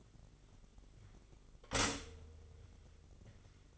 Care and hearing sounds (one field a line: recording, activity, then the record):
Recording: daily activity, microphone in the room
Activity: stop toaster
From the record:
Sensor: 4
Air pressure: 1002.7 hPa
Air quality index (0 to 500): 233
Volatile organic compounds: 16 ppm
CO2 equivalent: 2522 ppm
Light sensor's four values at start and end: 21/74/27/27 and 19/63/24/23